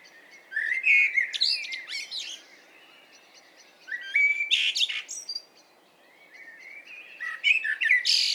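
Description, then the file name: Common blackbird song: fluty warbled phrases ending in high squeaky twitters, three phrases separated by pauses. "Turdus merula"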